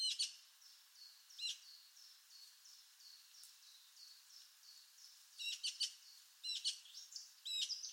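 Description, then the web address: Bird calls: a few sharp chirps over a continuous string of soft, high, slurred notes, then a burst of loud, sharp, repeated chirps in the last few seconds. Labelled with the sound class "Pi Pi Pi Pi". "Bird Only More Classes Pi Pi Pi Pi"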